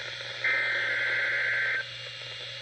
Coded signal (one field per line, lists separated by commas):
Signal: Emergency Alert System (SAME) tones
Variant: header bursts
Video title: EAS Severe Thunderstorm Watch #394 for North Carolina